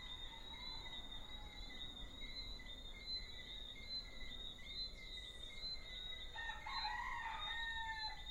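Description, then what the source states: Frogs and roosters: small frogs keep up a dense, high-pitched whistling chorus; toward the end a rooster lets out a single harsh crow. Small frogs and roosters in an early evening soundscape at Deshaies, Guadeloupe, recorded on 19 September 2019.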